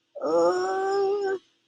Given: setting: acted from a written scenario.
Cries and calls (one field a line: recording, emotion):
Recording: vocal sound without words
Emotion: fear